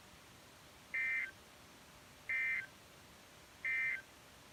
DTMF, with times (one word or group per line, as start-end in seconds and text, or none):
none